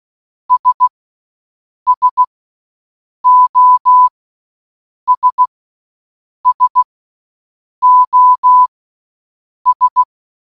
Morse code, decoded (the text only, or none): S SOS SOS